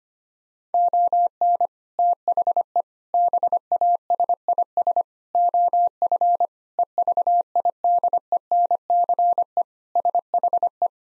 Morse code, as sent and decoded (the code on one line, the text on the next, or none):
--- -. / - .... . / -... .- ... .. ... / --- ..-. / . ...- .. -.. . -. -.-. . / ... .... .
ON THE BASIS OF EVIDENCE SHE